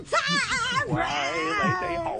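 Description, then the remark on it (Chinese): A human voice mimics a cat, giving a few drawn-out, wavering meows that rise and fall in pitch over a steady rhythmic backing beat. “做只喵，做只狗，呼呼，不做坏主人。”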